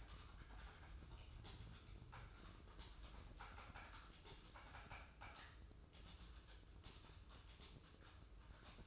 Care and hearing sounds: daily activity, microphone in the room; typing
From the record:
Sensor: 2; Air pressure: 995.1 hPa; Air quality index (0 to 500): 64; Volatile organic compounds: 2 ppm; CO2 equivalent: 1090 ppm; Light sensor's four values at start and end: 17/57/21/22 and 17/57/21/22

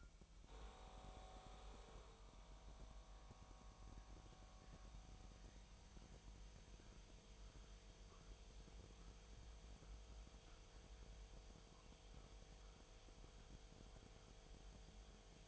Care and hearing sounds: daily activity, microphone in the room; make coffee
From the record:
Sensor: 1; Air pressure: 1002.0 hPa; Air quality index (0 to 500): 242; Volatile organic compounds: 47 ppm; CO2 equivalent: 3253 ppm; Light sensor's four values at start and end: 8/27/10/11 and 8/27/10/11

